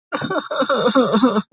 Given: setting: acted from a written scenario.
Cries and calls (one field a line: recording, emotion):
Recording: vocal sound without words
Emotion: sadness